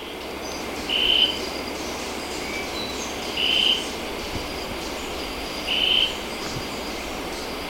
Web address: Natures Songs S America Birds of Ecuador Bronze-green Euphonia